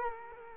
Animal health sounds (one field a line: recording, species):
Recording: mosquito wingbeat signal from an infrared sensor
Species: Culex quinquefasciatus